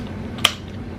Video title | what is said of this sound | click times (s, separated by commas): Gopro 7 Hero Black my pick for park Detecting Videos | you got this little teeny connector situation right here that pops right in there, | 0.5 s